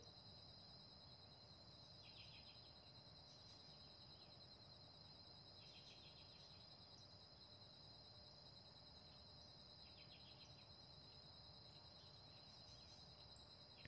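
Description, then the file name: Continuous high-pitched cicada drone holds level the whole time, punctuated every few seconds by short scratchy chirp clusters over low noise. "Cigarras"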